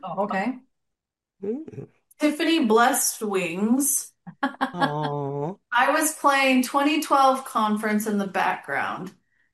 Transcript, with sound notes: Oh, okay.
Tiffany Blessedwings.
(laughs)
Oh.
"I was playing 2012 conference in the background.